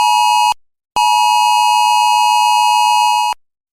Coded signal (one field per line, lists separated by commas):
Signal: Emergency Alert System (SAME) tones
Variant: 853 and 960 Hz attention tone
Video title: EAS Scenario - T H E F O G I S C O M I N G